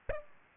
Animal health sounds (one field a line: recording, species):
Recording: mosquito wingbeat signal from an infrared sensor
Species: Aedes aegypti